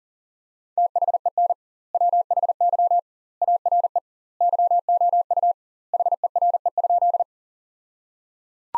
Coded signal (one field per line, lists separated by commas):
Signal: Morse code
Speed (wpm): 37 wpm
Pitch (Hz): 700 Hz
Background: none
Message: THEN WHY ARE YOU HERE?